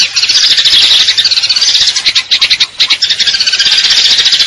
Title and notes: GEREJA TARUNG NEMBAK PANJANG SUARA JERNIH MASTERAN BURUNG LOMBA. Burung Gereja